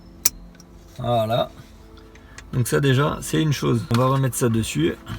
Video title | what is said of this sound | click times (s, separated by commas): RÉPARATION - C4 PICASSO réédit COMMENT Changer mon levier de vitesse | revenez antique et l'inter on va entendre le clic voilà | 0.3 s